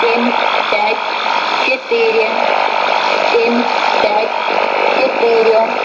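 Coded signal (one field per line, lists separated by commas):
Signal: numbers station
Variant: S06s Russian Lady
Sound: female voice reading numbers over noisy AM shortwave radio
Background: radio static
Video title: 13 09 2016 Number station S06s Russian Lady to Eu 1104 on 6190 unknown tx site in AM mode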